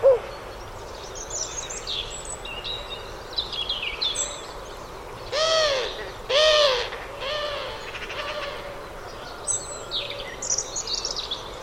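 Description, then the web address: Bird calls: a few harsh, hooting notes with stacked harmonics near the middle, amid faint high chirps from other birds and steady background hiss. "Deverinetal 2025 File origin Bird Only"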